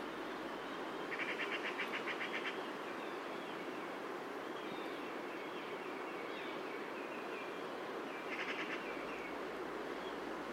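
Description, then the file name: Eurasian magpie making two brief, harsh rattling chatters several seconds apart, partly masked by a steady rushing background noise. "Pica pica"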